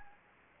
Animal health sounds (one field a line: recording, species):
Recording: mosquito wingbeat signal from an infrared sensor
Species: Anopheles gambiae